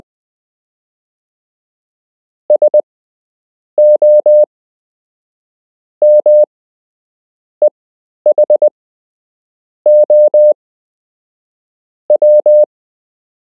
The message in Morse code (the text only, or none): SOMEHOW